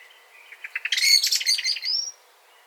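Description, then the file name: Common blackbird: a quick run of clipped notes speeding up into a dense, high, scratchy twitter lasting about a second and a half. "Turdus merula"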